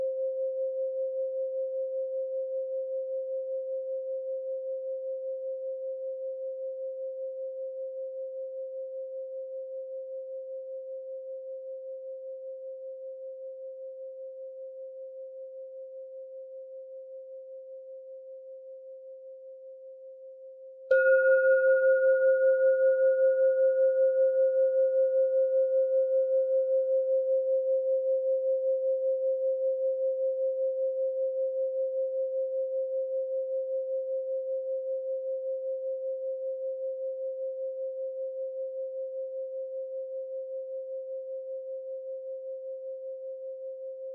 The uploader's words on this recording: 528 Hz Singing bowl sound meditation with an antique Himalayan Mani bowl.